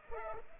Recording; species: mosquito wingbeat signal from an infrared sensor; Culex pipiens